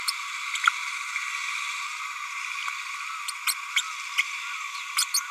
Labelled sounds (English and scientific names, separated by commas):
Green-rumped Parrotlet (Forpus passerinus) babbling